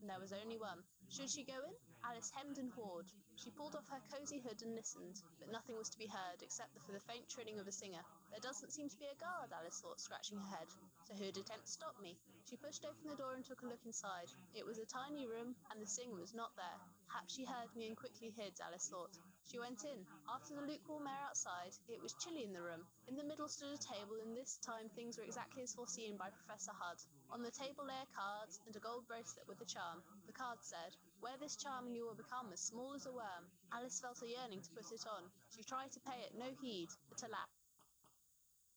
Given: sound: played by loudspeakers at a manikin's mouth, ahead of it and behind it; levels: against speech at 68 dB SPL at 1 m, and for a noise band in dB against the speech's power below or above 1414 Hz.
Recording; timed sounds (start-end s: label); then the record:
test signals for a remote microphone
0.00-37.44 s: woman speaking, babble ahead at +6 dB SNR for speech at 1 m
37.82 s: click
38.07 s: click
From the record:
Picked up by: remote receiver E, fed by microphone B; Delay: 43 ms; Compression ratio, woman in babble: 1.93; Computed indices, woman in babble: HASPI 0.967, HASQI 0.321 (non-linear 0.358, linear 0.894), ESTOI 0.706